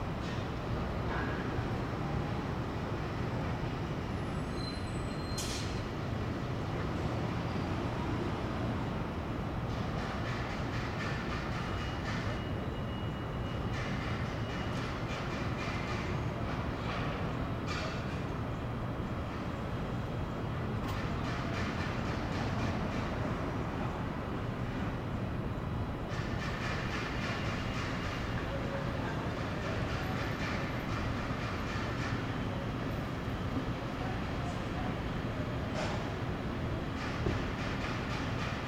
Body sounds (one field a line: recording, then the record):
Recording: background sound without coughing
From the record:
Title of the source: 30 MINUTES Construction Site Ambience (CC BY 4.0)